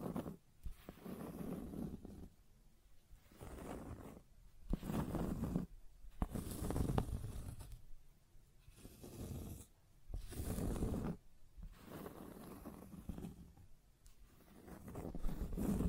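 Scratching and tracing strokes repeat in a steady back-and-forth rhythm, one every second or two, with short gaps of near silence between them. Each stroke is a rough, raspy rub with a hissy edge at its start, and the strokes stay fairly even in loudness.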